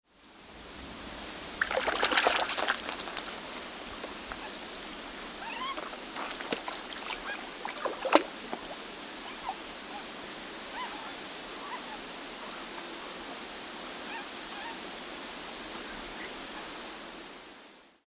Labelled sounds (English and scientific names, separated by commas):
Muskrat (Ondatra zibethicus)